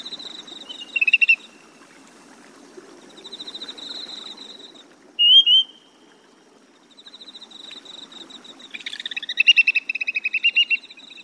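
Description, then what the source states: Grey-tailed tattler calls: a short whistle, then a loud rising two-part whistle, with buzzy insect trills throughout and a rapid run of repeated notes near the end. Recorded in Chiba Prefecture, Japan.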